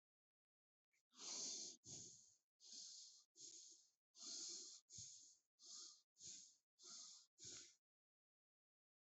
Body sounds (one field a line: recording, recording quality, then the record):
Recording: shallow breathing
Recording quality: excellent, no background noise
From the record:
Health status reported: healthy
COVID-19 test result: not tested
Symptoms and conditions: sore throat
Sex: male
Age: 27 years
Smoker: not ticked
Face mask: not worn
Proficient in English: yes